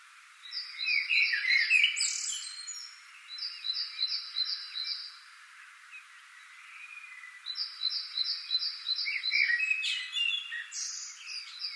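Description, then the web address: Common blackbird twittering, chattering warbled phrases near the start and near the end, with another bird's bursts of short, high, evenly repeated notes in between. "SETE Turdus merula"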